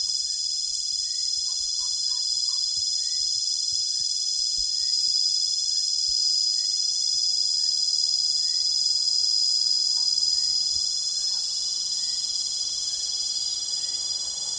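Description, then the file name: Cicada giving a steady, intense, shrill buzz throughout, with faint scattered chirps and a few soft knocks in the background. Recorded near Tzaneen. "P semiclara nr Tzaneen"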